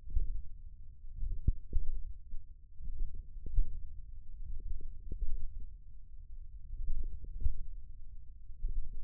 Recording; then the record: forearm muscle sounds (acoustic myography)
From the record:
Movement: tripod grip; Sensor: system 1, eight BSWA MPA416 microphones around the upper forearm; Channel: 6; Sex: male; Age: 28 years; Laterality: right